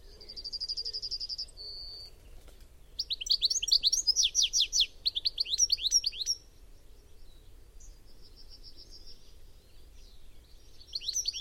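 Bird song: a high thin trill, then a short steady note, then a fast run of sharp descending notes, with softer high twittering afterward.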